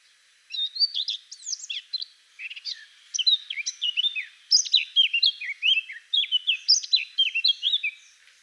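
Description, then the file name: Eurasian blackcap singing a continuous varied warble of sharp high chirps, slurred whistles and scratchy notes, steady throughout with no other sounds. "Sylvia atricapilla"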